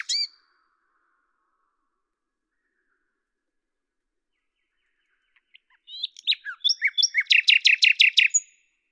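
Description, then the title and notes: Common nightingale song: a brief note, a long pause, then a phrase that speeds into a fast rattle of loud, repeated notes. Recorded at Lavours, France, on 10 May 1998, with a Tascam DAP-1 and Télinga microphone, edited in Samplitude 5.1. "D83, 01350 Lavours, France - rossignol à LAVOURS. 10/05/1998 Tascam DAP-1 Micro Télingua"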